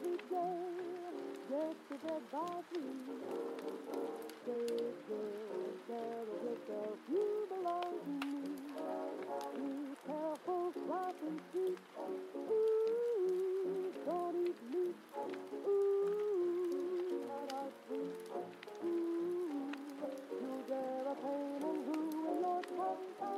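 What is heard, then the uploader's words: Heavy rain hisses steadily while oldies play from another room, a muffled singing voice and band drifting through the middle range. Scattered sharp pops and snaps from the crackling fire cut in throughout, and the rain's level stays even for the whole stretch. Heavy Rain & Fire Crackling Sounds While Oldies Playing From Another Room.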